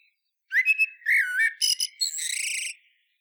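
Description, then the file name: Eurasian blackbird song: one phrase of rich fluted warbling notes that ends in a shrill, buzzy high twitter. "Turdus merula"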